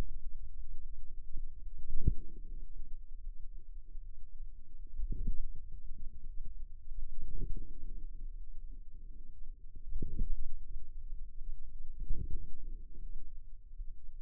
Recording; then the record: forearm muscle sounds (acoustic myography)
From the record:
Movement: wrist flexion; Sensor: system 2, bracelet of six BSWA MPA416 microphones around the upper forearm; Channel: 5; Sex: female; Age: 23 years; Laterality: right